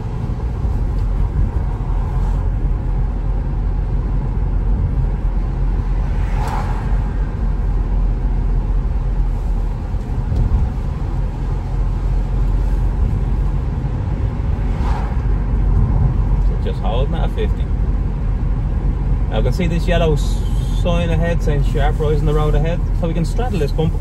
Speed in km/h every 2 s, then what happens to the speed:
47, 47, 47, 46, 45, 44, 47, 51, 47, 48, 47, 41.
0-19 steady at about 47. 19-24 slows to 41.